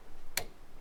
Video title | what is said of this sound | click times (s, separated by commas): HOW TO CHECK FUEL PRESSURE IN YOUR '05-10' SCION TC- They made it difficult, but I'll make it Easy! | boom there's the click and now we're ready to actually get testing | 0.4 s